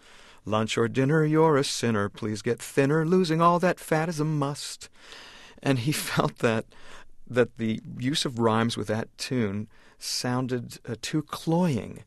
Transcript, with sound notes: Lunch or dinner. You're a sinner. Please get thinner; losing all that fat is a must. (Speaking) And he felt that, that the use of rhymes with that tune sounded too cloying.